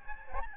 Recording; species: mosquito wingbeat signal from an infrared sensor; Aedes albopictus